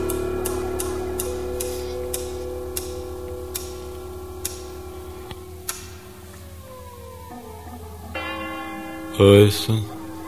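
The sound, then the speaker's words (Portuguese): Bells ring with long, sustained humming tones, struck at a steady pace with sharp ticking hits early on, then a brighter, louder clang swells near the end. “Ouço sinos.”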